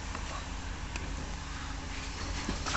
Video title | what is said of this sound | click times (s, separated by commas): VW Crafter 2.0 TDI How To: Full Engine Service Oil Air Fuel Cabin Filter Replacement Location Change | little click as you push each one in that's | 0.1 s, 1.0 s